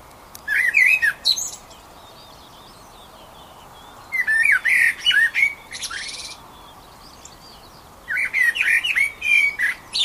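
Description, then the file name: Eurasian blackbird song: short fluted phrases with shrill chattering twitters, starting at roughly four-second intervals over a low, constant background noise. "Turdus merula"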